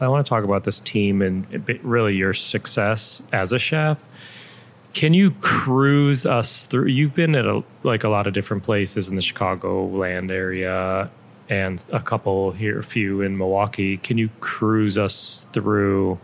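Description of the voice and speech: A man speaks fluently in a low, relaxed conversational voice, asking a chef about his career in the Chicago area and Milwaukee. Voicing is clear and steady with natural pauses and ordinary rate; no hoarseness, stuttering or slurring. Normal adult speech in a small room.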